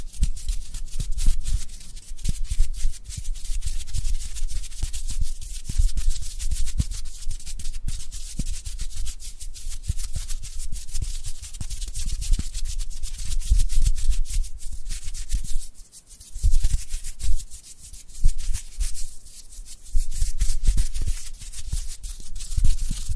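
Dry hands rub together in a continuous, brisk scratchy hiss, bright and papery, with a low rumble underneath. The rubbing keeps a fairly steady pace, easing into brief softer dips around 16 and 18 seconds before picking up again.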